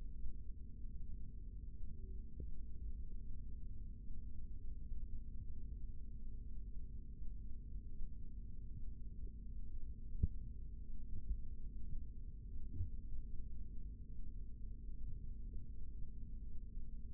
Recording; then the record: forearm muscle sounds (acoustic myography)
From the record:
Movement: rest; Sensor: system 3, bracelet of six PUI Audio POM-2738L microphones around the upper forearm, with dedicated amplification and filtering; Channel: 1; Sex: male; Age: 25 years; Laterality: right